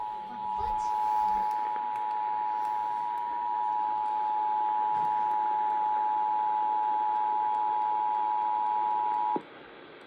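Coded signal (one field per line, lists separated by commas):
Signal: Emergency Alert System (SAME) tones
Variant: 853 and 960 Hz attention tone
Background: speech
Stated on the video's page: Real severe thunderstorm alert heard on an AM and an FM broadcast station.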